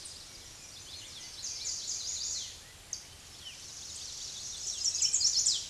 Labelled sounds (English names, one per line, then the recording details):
Chestnut-sided Warbler song
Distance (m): 25 m
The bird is about 5 m above the microphone
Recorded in a Pennsylvania forest on 16 May 2024 at 06:58
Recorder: AudioMoth, point MSD-2074
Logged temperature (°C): 16.3 °C
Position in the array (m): 170 m, 179 m